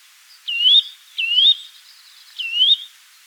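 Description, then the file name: Eurasian nuthatch calls: three clear, rising whistled notes, each sliding upward and ending sharply. "Sitta europaea"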